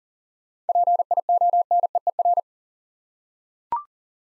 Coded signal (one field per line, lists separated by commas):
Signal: Morse code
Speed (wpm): 39 wpm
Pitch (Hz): 700 Hz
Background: none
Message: PIONEER